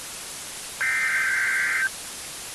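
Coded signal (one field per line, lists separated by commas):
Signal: Emergency Alert System (SAME) tones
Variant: header bursts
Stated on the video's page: Fictional EAS scenario, simulated alert.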